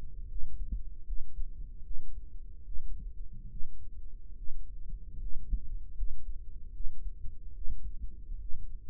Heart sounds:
heart sounds by microphone in the right ear; 74 bpm
0.26 s: heartbeat
1.04 s: heartbeat
1.82 s: heartbeat
2.63 s: heartbeat
3.49 s: heartbeat
4.35 s: heartbeat
5.18 s: heartbeat
5.94 s: heartbeat
6.71 s: heartbeat
7.53 s: heartbeat
8.38 s: heartbeat
From the record:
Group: healthy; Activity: rest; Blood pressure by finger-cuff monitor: 101/54 mmHg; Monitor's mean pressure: 71 mmHg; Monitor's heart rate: 75 bpm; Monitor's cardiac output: 7.2 L/min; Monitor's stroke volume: 98 mL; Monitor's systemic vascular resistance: 690 dyn s/cm5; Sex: female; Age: 22 years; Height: 160 cm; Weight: 63 kg

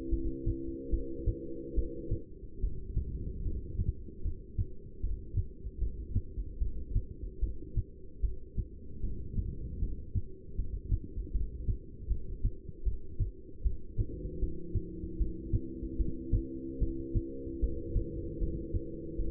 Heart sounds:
heart sounds by stethoscope; 76 bpm
0.10 s: heartbeat
0.91 s: heartbeat
1.75 s: heartbeat
2.61 s: heartbeat
3.44 s: heartbeat
4.23 s: heartbeat
5.02 s: heartbeat
5.80 s: heartbeat
6.60 s: heartbeat
7.41 s: heartbeat
8.21 s: heartbeat
9.01 s: heartbeat
9.80 s: heartbeat
10.57 s: heartbeat
11.33 s: heartbeat
12.09 s: heartbeat
12.85 s: heartbeat
13.63 s: heartbeat
14.40 s: heartbeat
15.18 s: heartbeat
15.98 s: heartbeat
16.79 s: heartbeat
17.61 s: heartbeat
18.39 s: heartbeat
19.17 s: heartbeat
From the record:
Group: heart failure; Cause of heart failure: non-ischemic cardiomyopathy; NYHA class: 1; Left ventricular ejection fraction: 62%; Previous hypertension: present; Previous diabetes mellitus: present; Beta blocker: bisoprolol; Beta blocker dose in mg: 10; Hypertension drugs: sacubitril-valsartan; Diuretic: furosemide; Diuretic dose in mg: 20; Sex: male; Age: 49 years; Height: 167 cm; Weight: 110 kg

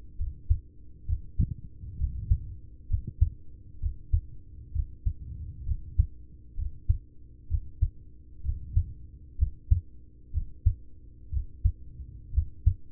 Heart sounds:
heart sounds by stethoscope; 64 bpm
0.15 s: heartbeat
1.04 s: heartbeat
1.96 s: heartbeat
2.86 s: heartbeat
3.78 s: heartbeat
4.71 s: heartbeat
5.63 s: heartbeat
6.53 s: heartbeat
7.46 s: heartbeat
8.41 s: heartbeat
9.35 s: heartbeat
10.30 s: heartbeat
11.29 s: heartbeat
12.30 s: heartbeat
From the record:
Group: heart failure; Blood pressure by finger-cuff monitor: 85/49 mmHg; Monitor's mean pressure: 62 mmHg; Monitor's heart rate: 65 bpm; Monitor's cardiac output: 5.5 L/min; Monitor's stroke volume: 84 mL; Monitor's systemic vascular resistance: 780 dyn s/cm5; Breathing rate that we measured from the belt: 18 breaths a minute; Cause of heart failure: ischemic heart disease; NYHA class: 1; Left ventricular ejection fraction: 33%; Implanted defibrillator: present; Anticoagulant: apixaban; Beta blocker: carvedilol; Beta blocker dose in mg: 18.75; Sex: male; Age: 39 years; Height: 168 cm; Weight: 72 kg

